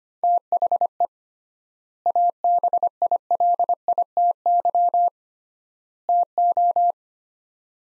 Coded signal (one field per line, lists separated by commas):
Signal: Morse code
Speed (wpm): 25 wpm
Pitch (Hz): 700 Hz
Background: none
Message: THE ABILITY TO